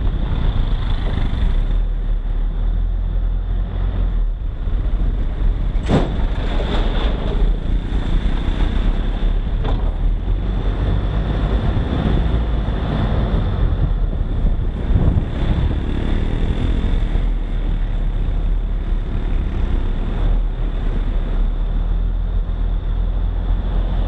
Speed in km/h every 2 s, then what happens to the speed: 12, 13, 12, 13, 18, 24, 25, 23, 23, 23, 24, 27.
0-6 steady at about 12. 6-11 speeds up to 25. 11-24 steady at about 23.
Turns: none.